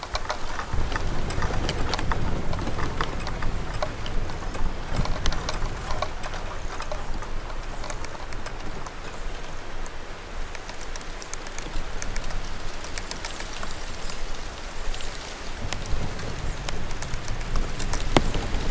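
Bamboo sways in the wind with a dense, steady patter of dry clicks and knocks, a low rushing rumble swelling and easing underneath.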